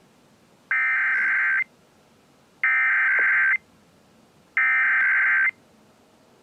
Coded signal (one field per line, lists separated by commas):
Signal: Emergency Alert System (SAME) tones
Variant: header bursts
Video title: The Last Shasta County RMT (EAS #3810-3822)